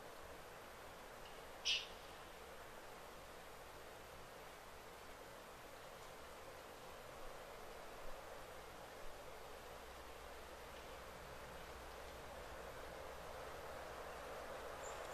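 A very quiet deep-wild thicket: a steady, soft hiss fills the whole clip with little change. One sharp, bright bird chirp stands out near the two-second mark, and a few faint ticks and rustles come around seconds seven to nine.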